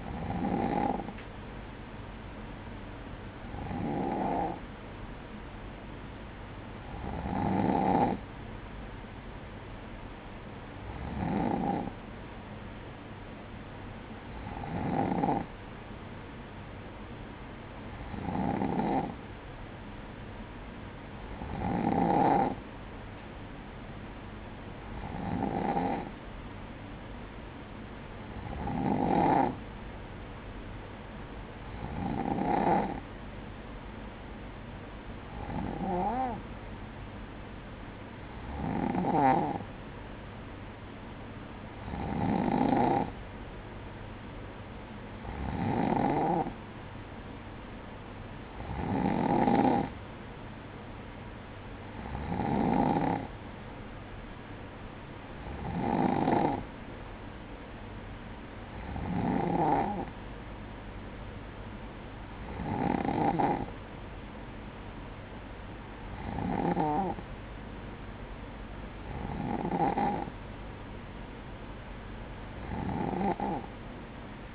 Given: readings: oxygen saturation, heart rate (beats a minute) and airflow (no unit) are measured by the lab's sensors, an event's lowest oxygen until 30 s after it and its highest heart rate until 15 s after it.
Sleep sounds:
breathing in sleep by a voice recorder at the bedside; none
none scored
From the record:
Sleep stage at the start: N2 (light sleep); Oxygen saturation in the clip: 94 to 96%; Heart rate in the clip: 56 to 59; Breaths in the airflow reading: 22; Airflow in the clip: -6.9 to 6.5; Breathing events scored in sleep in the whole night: 180 in 6.7 hours asleep

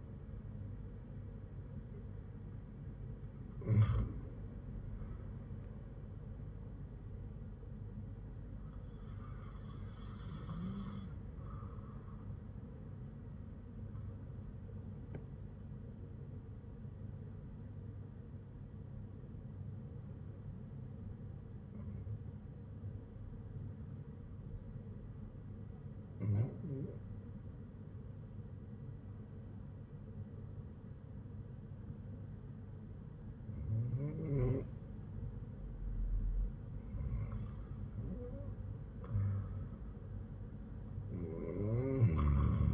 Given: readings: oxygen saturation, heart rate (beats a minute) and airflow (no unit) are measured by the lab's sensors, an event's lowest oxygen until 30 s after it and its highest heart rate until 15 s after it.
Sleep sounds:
breathing in sleep by a smartphone at the bedside; 1
17.00-37.30 s: obstructive apnea (REM, oxygen 98% highest, then 93% lowest, heart rate 54 at the start, 61 highest)
From the record:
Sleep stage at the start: REM sleep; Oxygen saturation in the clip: 96 to 98%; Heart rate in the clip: 53 to 59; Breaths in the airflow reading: 4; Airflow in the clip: -5.7 to 7.5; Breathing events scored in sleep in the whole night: 182 in 7.4 hours asleep

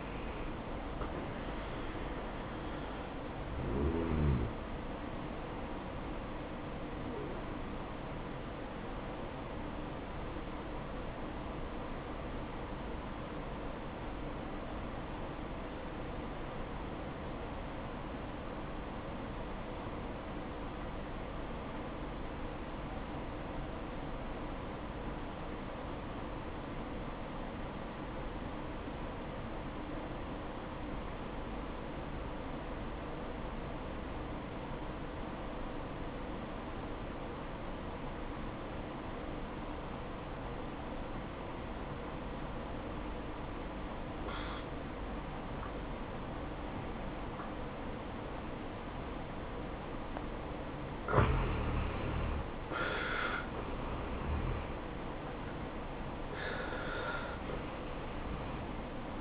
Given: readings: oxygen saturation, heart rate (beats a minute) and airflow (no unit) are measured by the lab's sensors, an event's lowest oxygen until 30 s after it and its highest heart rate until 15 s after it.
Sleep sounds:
breathing in sleep by a voice recorder at the bedside; 1
13.00-50.30 s: obstructive apnea (N1, oxygen 96% highest, then 84% lowest, heart rate 62 at the start, 76 highest)
23.00-53.00 s: new sleep stage, N2 (light sleep)
53.00-59.21 s: new sleep stage, N1 (lightest sleep)
From the record:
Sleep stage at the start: N1 (lightest sleep); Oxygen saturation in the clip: 85 to 96%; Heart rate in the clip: 58 to 75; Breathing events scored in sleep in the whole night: 573 in 9.8 hours asleep

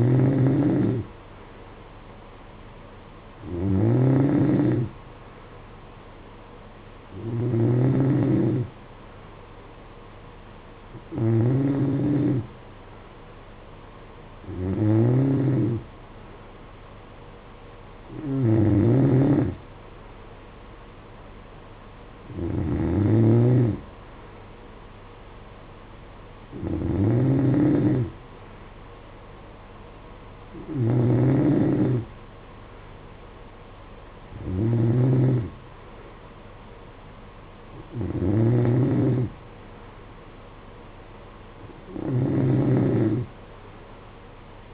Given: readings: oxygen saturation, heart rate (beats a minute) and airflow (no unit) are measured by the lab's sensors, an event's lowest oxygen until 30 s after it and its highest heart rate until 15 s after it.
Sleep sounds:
breathing in sleep by a voice recorder at the bedside; none
6.00-36.00 s: new sleep stage, N3 (deep sleep)
36.00-44.73 s: new sleep stage, N2 (light sleep)
From the record:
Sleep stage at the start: N2 (light sleep); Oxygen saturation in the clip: 92 to 93%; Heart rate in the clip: 51 to 58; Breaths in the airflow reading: 12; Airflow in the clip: -9.2 to 6.6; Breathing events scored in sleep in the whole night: 476 in 9.7 hours asleep

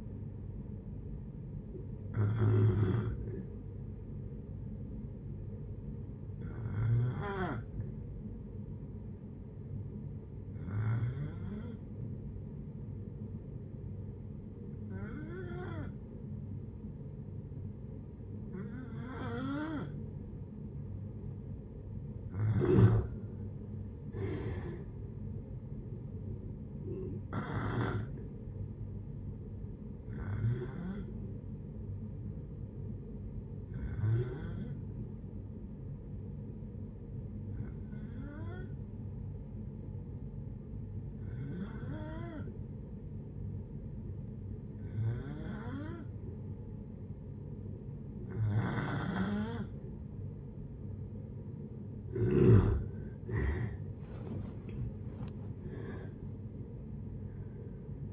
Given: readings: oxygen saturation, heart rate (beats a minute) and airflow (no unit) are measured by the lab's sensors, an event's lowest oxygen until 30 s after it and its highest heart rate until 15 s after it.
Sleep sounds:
breathing in sleep by a smartphone at the bedside; 2
4.00-23.80 s: hypopnea (N1, oxygen 96% highest, then 86% lowest)
22.00-58.13 s: new sleep stage, N2 (light sleep)
31.00-52.60 s: hypopnea (N2, oxygen 94% highest, then 87% lowest)
From the record:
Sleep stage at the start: N1 (lightest sleep); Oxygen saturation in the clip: 83 to 96%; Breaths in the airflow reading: 13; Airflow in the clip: -8.3 to 14.7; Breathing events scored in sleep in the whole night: 496 in 5.4 hours asleep

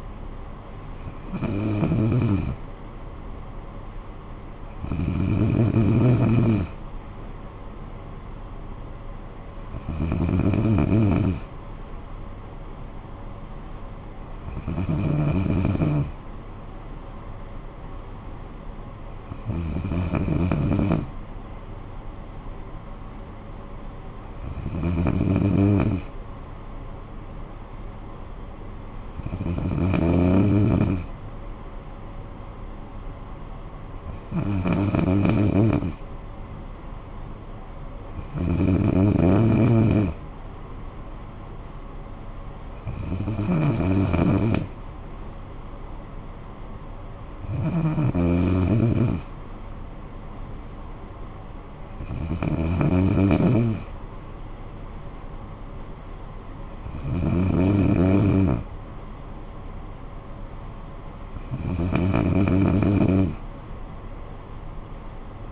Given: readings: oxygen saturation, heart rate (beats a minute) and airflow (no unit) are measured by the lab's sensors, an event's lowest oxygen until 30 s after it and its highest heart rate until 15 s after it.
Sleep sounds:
breathing in sleep by a smartphone at the bedside; none
none scored
From the record:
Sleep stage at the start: N2 (light sleep); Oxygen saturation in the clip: 93 to 94%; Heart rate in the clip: 51 to 66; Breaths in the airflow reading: 14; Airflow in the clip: -10.4 to 6.2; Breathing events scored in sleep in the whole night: 445 in 7.6 hours asleep

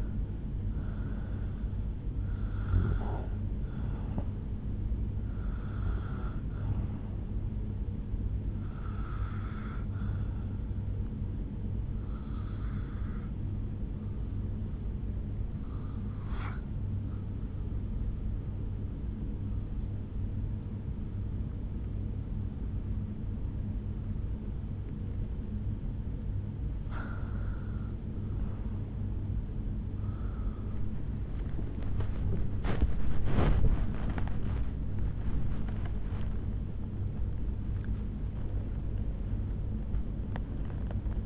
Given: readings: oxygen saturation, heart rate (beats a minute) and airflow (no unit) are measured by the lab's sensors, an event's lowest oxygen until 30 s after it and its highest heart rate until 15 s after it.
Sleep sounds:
breathing in sleep by a smartphone at the bedside; 1
14.00-30.40 s: hypopnea (N1, oxygen 96% highest, then 93% lowest, heart rate 67 at the start, 86 highest)
From the record:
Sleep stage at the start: N1 (lightest sleep); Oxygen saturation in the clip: 92 to 96%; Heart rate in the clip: 64 to 85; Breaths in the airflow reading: 7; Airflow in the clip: -8.7 to 5.5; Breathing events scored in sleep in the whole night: 449 in 7.0 hours asleep

